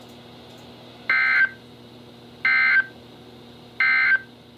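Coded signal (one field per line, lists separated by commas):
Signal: Emergency Alert System (SAME) tones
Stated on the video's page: NOAA weather radio stations KHB36 (162.550) and WNG736 (162.450) received indoors without an external antenna; reception somewhat acceptable, on various weather radio receivers.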